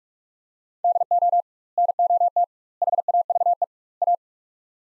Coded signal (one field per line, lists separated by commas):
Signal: Morse code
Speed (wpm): 46 wpm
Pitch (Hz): 700 Hz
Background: none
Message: DO NOT HAVE A